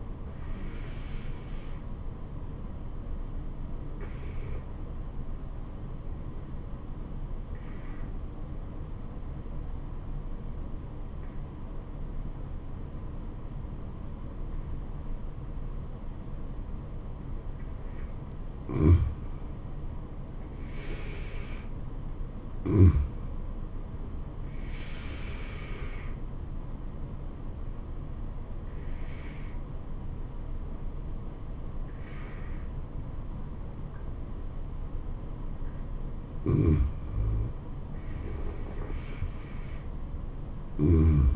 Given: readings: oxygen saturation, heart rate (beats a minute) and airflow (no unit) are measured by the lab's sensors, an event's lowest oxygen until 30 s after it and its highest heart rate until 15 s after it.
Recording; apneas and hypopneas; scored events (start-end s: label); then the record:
breathing in sleep by a smartphone at the bedside; 1
3.00-21.50 s: obstructive apnea (N2, oxygen 94% highest, then 88% lowest, heart rate 78 at the start, 78 highest)
From the record:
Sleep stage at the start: N2 (light sleep); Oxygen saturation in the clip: 88 to 95%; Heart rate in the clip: 68 to 79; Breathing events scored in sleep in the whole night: 426 in 7.4 hours asleep